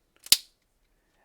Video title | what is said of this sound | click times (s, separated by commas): 2018 - 2022 Toyota Camry Flip Key Fob Battery Replacement - How To Replace Change Remote Batteries | Then we'll snap that back cover on, and | 0.3 s